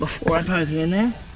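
Someone talks while handling the second module plug at the vehicle's pedal connector on a 300 series Toyota LandCruiser, working one-handed. Only the voice is heard, with no sharp click. Nothing has seated or clicked yet.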